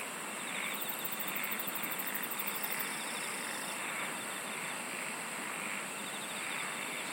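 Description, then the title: Insect chorus: continuous shrill high tones with a rapid pulsed trill in the opening seconds, set against steady background hiss. "SINGING OF INSECTS"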